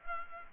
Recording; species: mosquito wingbeat signal from an infrared sensor; Culex pipiens